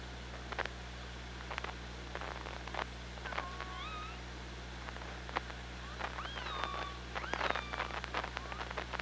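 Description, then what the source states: Killer whale calls underwater, several harmonic-rich calls around the middle and later seconds, mixed with scattered sharp clicks and a steady low hum. Recorded on the OrcaLab hydrophone, 24 August 2017, 15:47.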